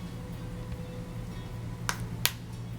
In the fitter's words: get a little twist you hear it pop into place